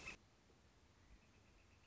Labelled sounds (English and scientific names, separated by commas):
Northern Flicker (Colaptes auratus)